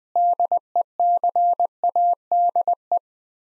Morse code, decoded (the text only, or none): DECADE